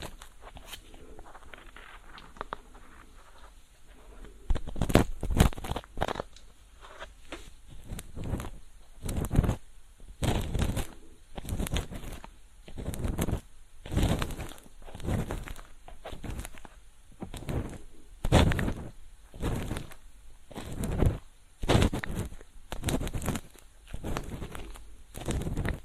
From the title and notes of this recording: Ear cleaning. 3DIO 마이크를 이용한 귀청소!! 앞에는 속닥속닥 수다 많이떨구 뒤에는 점점 말이 줄어갑니다! Feather pick (솜털귀이개).